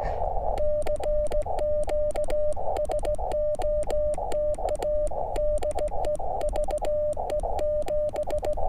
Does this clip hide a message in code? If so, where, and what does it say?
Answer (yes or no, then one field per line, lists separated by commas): yes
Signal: Morse code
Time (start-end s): 0.6-8.5 s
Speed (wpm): 16 wpm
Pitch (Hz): 600 Hz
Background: none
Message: CQ SOTA DE VE7